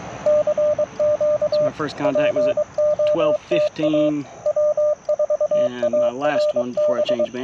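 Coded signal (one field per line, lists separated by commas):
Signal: Morse code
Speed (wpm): 22 wpm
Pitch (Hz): 600 Hz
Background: speech, radio noise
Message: CQ POTA W4ARB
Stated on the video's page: CW POTA activation in a national forest using a Yaesu FT-891, Modern Morse paddles and a Chelegance MC-750 antenna.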